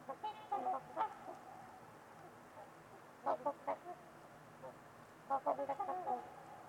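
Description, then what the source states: Trumpeter swans giving soft nasal honks in small clusters, with a quiet stretch between them and faint background hiss throughout. Several trumpeter swans at Winters Lake on a winter evening, in a quiet, deep valley, with distant white noise.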